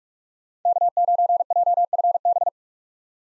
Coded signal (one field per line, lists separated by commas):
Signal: Morse code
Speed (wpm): 46 wpm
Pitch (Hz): 700 Hz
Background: none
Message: K9JFB